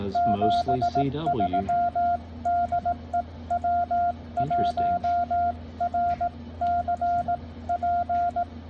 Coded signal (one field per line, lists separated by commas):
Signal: Morse code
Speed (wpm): 18 wpm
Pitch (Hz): 710 Hz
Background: speech, radio noise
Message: 73 DE W1RCP